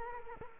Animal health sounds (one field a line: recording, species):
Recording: mosquito wingbeat signal from an infrared sensor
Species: Culex quinquefasciatus